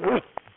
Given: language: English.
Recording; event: throat vibration sensor signal played as sound; cough